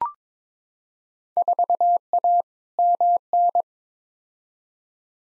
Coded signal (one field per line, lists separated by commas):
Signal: Morse code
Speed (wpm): 22 wpm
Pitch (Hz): 700 Hz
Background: none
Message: 4A MN